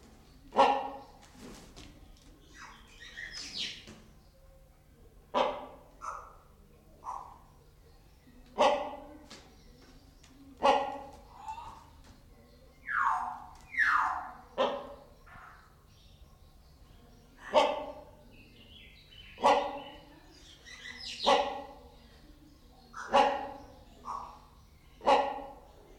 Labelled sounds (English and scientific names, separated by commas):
Great Hornbill (Buceros bicornis)